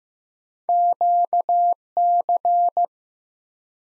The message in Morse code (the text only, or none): QC